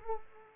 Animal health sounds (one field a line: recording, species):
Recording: mosquito wingbeat signal from an infrared sensor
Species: Culex pipiens